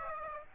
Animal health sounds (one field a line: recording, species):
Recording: mosquito wingbeat signal from an infrared sensor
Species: Aedes aegypti